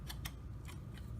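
A refrigerator water supply line is pushed into the push-to-connect fitting underneath a new plastic water inlet valve on a Kenmore refrigerator, over a steady low hum. Sharp clicks at 0.1 s and 0.3 s mark the line seating in the fitting, followed by a fainter tick near 1.0 s. The connection is confirmed seated, and a safety clip is then fitted to keep the connector from being depressed and pulled out.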